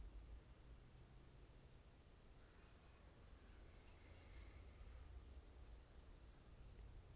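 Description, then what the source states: Cicadas, a sustained high-pitched shrill trill that swells over the first seconds, with a faint low hum at the start. Cicadas in an apple tree orchard at Zalensų Sodybos, Lithuania, recorded 23 August 2015.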